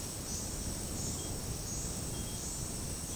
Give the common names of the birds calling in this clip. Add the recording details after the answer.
none. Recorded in secondary vegetation near Puerto Asís, Putumayo, Colombia, on 20 February 2024 at 09:30. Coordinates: 0.489, -76.322. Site G6419